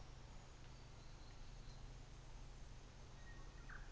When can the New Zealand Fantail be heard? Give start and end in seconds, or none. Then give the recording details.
none. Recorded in New Zealand on 24 December 2018. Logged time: 14:50